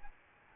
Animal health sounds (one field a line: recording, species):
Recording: mosquito wingbeat signal from an infrared sensor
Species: Aedes albopictus